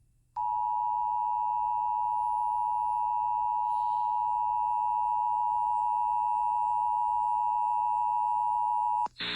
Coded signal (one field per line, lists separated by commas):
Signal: Emergency Alert System (SAME) tones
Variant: 853 and 960 Hz attention tone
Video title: Eas svr Eas#856